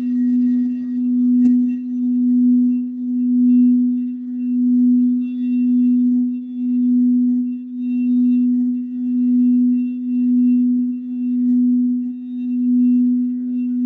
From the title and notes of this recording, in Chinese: 水晶缽療癒。頌缽輕音樂。